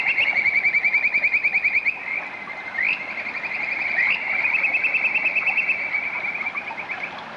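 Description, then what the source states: Kajika frog giving whistled trills: fast pulsed notes held level, with brief upward swoops near three and four seconds, continuing without pause. Field recording, Miyagi, Japan.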